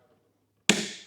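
A plastic release latch on the other side of the handle on a rolling one-drawer toolbox unit is pulled, giving one sharp, bright click at 0.7 s. The click rings out and fades over about 0.4 s after near silence. The second handle latch clicks open and is released, so the handle can then be removed.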